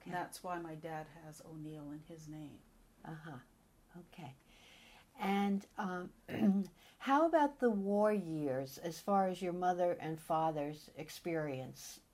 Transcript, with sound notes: And that's why my dad has O'Neil in his name.
Ah ha. Okay. And um (clears throat) how about the war years as far as your mother and father's experience?